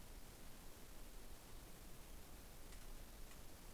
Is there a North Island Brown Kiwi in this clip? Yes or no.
no